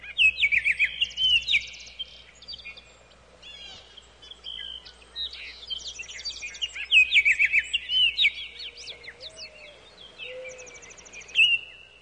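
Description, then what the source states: Birds singing: a busy run of high chirps, trills and warbled phrases with brief pauses, over a faint low hum. Birdsong in the morning.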